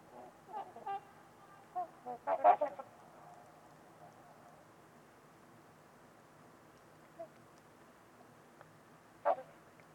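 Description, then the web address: Trumpeter swans giving nasal, trumpet-like honks: a few scattered early, a tight cluster around two and a half seconds, then two lone honks later over a quiet background. Trumpeter swans calling on a winter evening at Winters Lake in a deep, silent valley. "Trumpeter Swans on a Winter's Eve. Wind Is the Original Radio. Nick-Mc Mahan Winters-Lake-with-Swan"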